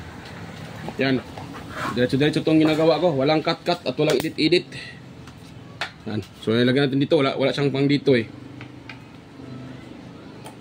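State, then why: Not seated. A small plastic part is fitted into its place in an electric fan housing during a fan repair, while someone talks. A few brief, faint taps and handling sounds come between the speech. The part does not grip or hold, and nothing has seated or clicked.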